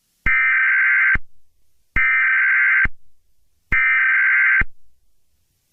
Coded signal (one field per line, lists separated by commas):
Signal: Emergency Alert System (SAME) tones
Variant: header bursts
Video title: EAS Scenario: The Rain of Shells